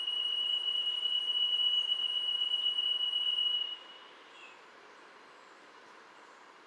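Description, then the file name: Spotted jewel-babbler whistle: one long, steady, high whistled tone held for nearly four seconds, then a brief softer note, over a faint hiss. "Golosa ptic - Pyatnistyj cvetnoj flejtist Ptilorrhoa leucosticta (Zvyki com)"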